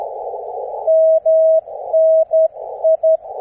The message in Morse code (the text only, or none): MNI